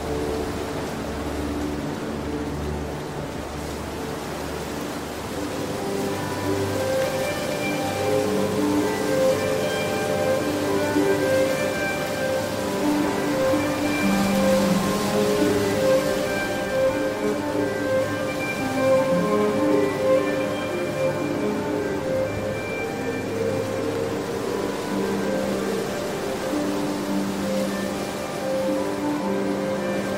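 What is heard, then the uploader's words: Wind blows as a steady hiss beneath slow violin music. Long, held notes shift gently from one to the next, with a low drone underneath and no sharp attacks. The level stays even throughout, swelling slightly around the middle. Relaxing wind sounds with relaxing violin music.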